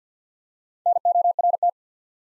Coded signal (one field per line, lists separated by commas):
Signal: Morse code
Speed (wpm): 49 wpm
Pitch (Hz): 700 Hz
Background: none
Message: NORT